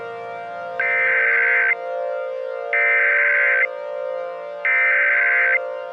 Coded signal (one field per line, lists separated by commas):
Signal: Emergency Alert System (SAME) tones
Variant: header bursts